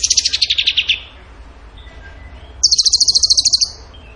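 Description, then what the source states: Bird song: a rapid high trill of evenly pulsed notes falling slightly in pitch, a pause, then another bright, steadier trill of about one second. Training song (masteran) in the tembakan gacor style.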